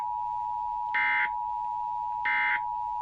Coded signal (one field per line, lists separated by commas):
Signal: Emergency Alert System (SAME) tones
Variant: end-of-message bursts